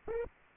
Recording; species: mosquito wingbeat signal from an infrared sensor; Aedes aegypti